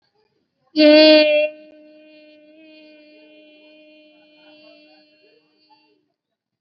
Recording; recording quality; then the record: sustained vowel as in made; excellent, no background noise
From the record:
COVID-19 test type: RT-PCR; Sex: female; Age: 18 years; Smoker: no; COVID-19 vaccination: both doses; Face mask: worn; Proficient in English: yes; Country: India